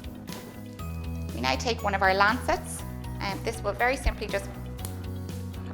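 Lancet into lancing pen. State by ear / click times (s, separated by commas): seated / 4.8 s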